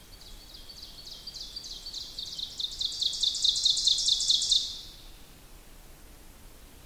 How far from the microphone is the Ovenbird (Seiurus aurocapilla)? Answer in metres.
about 25 m